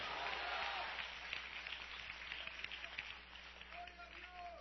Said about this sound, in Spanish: Dele palmas al Rey de Gloria. ¡A su nombre!